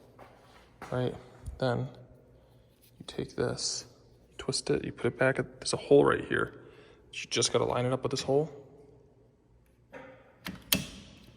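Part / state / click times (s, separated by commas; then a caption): wiper blade onto car wiper arm / seated / 10.7 s. Someone talks while a new wiper blade is twisted, lined up with the hole on a BMW's wiper arm and pushed on. A sharp plastic click at 10.7 s marks the blade snapping into place on the arm, fully seated.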